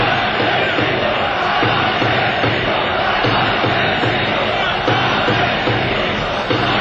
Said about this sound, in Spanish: Gritos de asesinos en Vallecas, que repito, están afectadas por la cercanía del Pozo del Tío Raimundo, una de las estaciones en las que voló un tren.